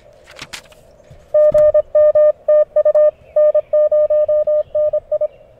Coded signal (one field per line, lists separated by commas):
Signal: Morse code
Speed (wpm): 23 wpm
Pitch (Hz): 600 Hz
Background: none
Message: GMTU N0NI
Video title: CQ WW WPX CW Contest - May 25th, 2019